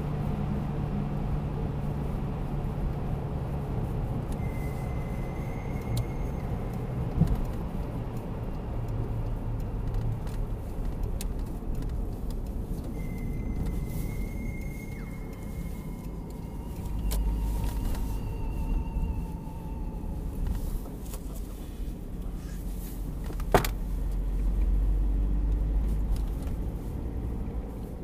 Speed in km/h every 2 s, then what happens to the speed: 79, 77, 74, 72, 63, 51, 43, 39, 38, 36, 33, 32, 36, 41.
0-22 slows to 32. 22-28 speeds up to 41.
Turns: 9-16.